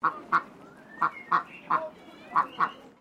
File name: DUCK PEKING QUACK